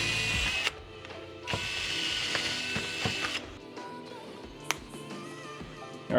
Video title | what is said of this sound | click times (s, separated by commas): EMF Circle Running Light Install To Surron #Plate | all right so I don't know if you guys could hear that snap I just did off camera push it back | 4.7 s